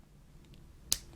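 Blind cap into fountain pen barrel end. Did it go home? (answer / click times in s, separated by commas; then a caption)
yes / 0.9 s. The plastic blind cap on the end of a clear Wing Sung 698 piston-fill fountain pen is pushed back into the barrel. After a couple of faint ticks, a sharp, loud snap at 0.9 s shows the blind cap has seated in place.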